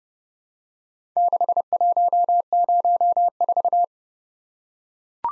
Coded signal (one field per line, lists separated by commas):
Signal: Morse code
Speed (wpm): 29 wpm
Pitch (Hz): 700 Hz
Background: none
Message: 6104